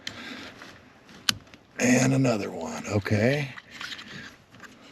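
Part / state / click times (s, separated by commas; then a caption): second wiring connector into brake light switch / seated / 1.3 s. The second wiring connector is pushed onto a replacement brake light switch on an 88–93 Chevy OBS truck, a repair done to fix code 37. It gives a sharp click at 1.3 s as it seats, then someone talks.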